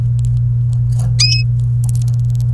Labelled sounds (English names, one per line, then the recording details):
Domestic Canary song
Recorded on 28 April 2018 at 05:45
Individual llb3